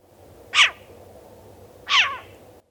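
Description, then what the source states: Short-eared owl giving two harsh, rasping barked calls about one and a half seconds apart over a low steady background hum. Recorded 2 March 2005.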